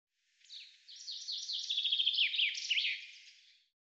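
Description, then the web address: Common chaffinch phrase, a run of quick descending notes that speeds into a rattling trill and ends in a short flourish, against faint background hiss. "Deverinetal 2025 File cleaned normalized Bird Fr Co"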